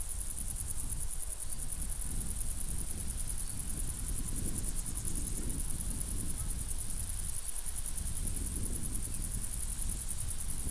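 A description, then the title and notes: Crickets in a meadow keep up a dense, steady high shimmer, over a continuous low rumble that swells and fades throughout. Crickets in the Meadow.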